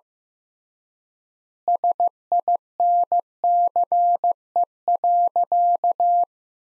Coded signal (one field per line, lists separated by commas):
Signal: Morse code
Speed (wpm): 15 wpm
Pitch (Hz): 700 Hz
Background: none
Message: SINCE.